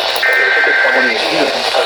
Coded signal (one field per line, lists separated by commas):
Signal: Emergency Alert System (SAME) tones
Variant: header bursts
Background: speech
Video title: More Slight Risk Alerts from Sandhills EAS Alerts from 8/21/2026 (EAS #1358-1386)